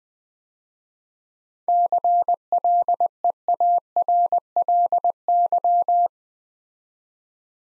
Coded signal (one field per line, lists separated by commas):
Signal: Morse code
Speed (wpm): 20 wpm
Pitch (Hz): 700 Hz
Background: none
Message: CLEARLY